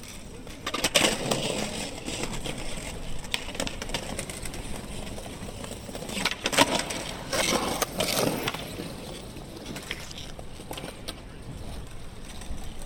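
Skateboarders roll and clatter around an open square, with rough scraping bursts near one second and again around six to eight seconds. Between them a steady wash of wheel noise and chatter fills the space, with a sharp knock at about six and a half seconds.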